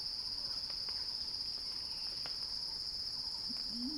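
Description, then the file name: Cicada song, an even, high-pitched drone with a few soft clicks, and a low rising call entering at the close. Cicada song building in a crescendo, recorded by Axel Drioli for Earth.fm's Sounding Wild. "earth-fm Axel-Drioli Cicada-Crescendo-Sounding-Wild"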